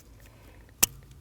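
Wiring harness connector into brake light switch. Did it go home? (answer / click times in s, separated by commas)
yes / 0.8 s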